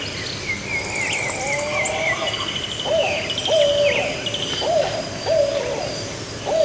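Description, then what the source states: Bird calls: mellow low notes repeated several times, mixed with long high whistles and twittering from other birds in a dense chorus. Recorded 12 February 2022, 09:29.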